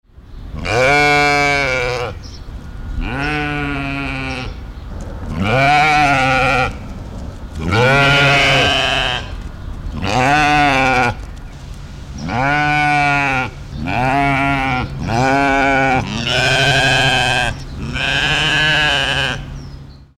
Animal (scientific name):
Ovis ammon